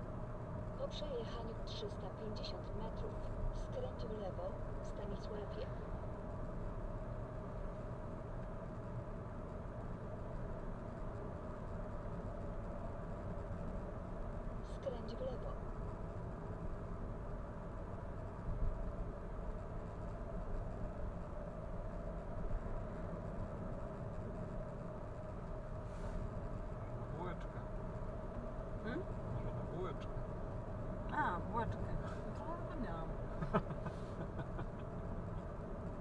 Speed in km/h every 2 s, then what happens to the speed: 59, 58, 58, 59, 59, 59, 60, 60, 60, 61, 62, 60, 59, 59, 59, 59, 59, 59.
0-36 steady at about 59.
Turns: none.